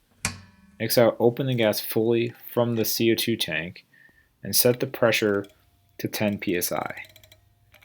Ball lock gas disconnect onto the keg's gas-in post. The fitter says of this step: to the gas in post and make sure that it clicks into place.